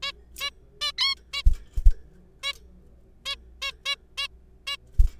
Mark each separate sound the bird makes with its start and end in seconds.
0.03-0.12, 0.41-0.50, 0.81-0.92, 0.98-1.15, 1.33-1.43, 2.43-2.53, 3.26-3.35, 3.62-3.71, 3.85-3.96, 4.18-4.27, 4.67-4.76